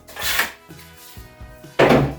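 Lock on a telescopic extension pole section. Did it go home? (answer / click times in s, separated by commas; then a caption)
no / none. Someone works the lock on a second telescopic extension pole section, one of the extension arms for a homemade snow chute, producing a rustling burst near 0.1–0.5 s, soft low knocks through the middle, and a louder broadband burst from about 1.8 s to the end. The lock has not clicked in and nothing has seated yet.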